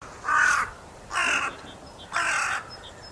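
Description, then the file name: Carrion crow calling with three hoarse, rasping caws spaced about a second apart. "Corvus corone"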